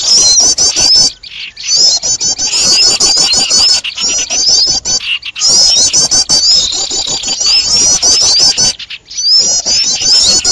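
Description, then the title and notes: Birds calling in a dense, noisy chorus of high squeaky chattering notes, broken by short abrupt gaps, with crackling clicks throughout. Noisy bird sounds (burung ribut), a long-duration master recording used for luring birds. "Burung Ribut Pikat"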